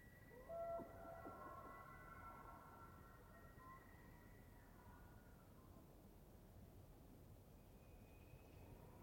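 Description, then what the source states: Elk bugle: harmonic whistled tones sliding between middle and high pitch for about three seconds, faint over a steady low rumble, then a faint high tone near the end. Bull elk screaming during the rut, males out and vocal; Colockum Wildlife Area, eastern Cascades, Washington, high plateau with pine and spruce; 18 September, pre-dawn; raw stereo down-mix, normalized, unfiltered.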